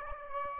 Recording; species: mosquito wingbeat signal from an infrared sensor; Aedes aegypti